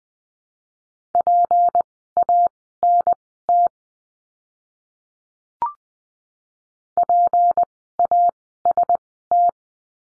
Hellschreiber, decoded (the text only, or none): none